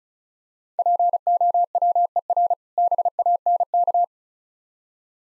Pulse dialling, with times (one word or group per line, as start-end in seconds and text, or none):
none